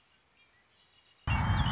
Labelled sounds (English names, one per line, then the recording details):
Red-winged Blackbird
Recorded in Sonoma County, California